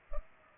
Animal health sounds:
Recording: mosquito wingbeat signal from an infrared sensor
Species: Culex pipiens

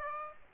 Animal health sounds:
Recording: mosquito wingbeat signal from an infrared sensor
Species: Aedes aegypti

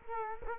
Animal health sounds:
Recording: mosquito wingbeat signal from an infrared sensor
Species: Culex quinquefasciatus

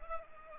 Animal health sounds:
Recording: mosquito wingbeat signal from an infrared sensor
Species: Culex pipiens

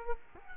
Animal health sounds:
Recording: mosquito wingbeat signal from an infrared sensor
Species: Culex quinquefasciatus

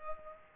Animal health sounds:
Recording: mosquito wingbeat signal from an infrared sensor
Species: Culex pipiens

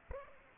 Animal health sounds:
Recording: mosquito wingbeat signal from an infrared sensor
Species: Aedes aegypti

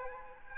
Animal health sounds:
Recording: mosquito wingbeat signal from an infrared sensor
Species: Aedes aegypti

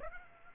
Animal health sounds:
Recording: mosquito wingbeat signal from an infrared sensor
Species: Aedes aegypti

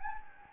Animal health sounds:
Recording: mosquito wingbeat signal from an infrared sensor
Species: Anopheles gambiae

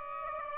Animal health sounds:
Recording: mosquito wingbeat signal from an infrared sensor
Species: Aedes aegypti

